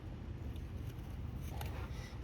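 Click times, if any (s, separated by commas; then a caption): none. A wiring harness connector is handled at the VVT solenoid on a 2018 Subaru Impreza engine, ready to be pushed back on. Low rumbling noise runs throughout, with faint scraping handling sounds and a brief sharp tick around 1.6 seconds. Nothing has seated or clicked yet.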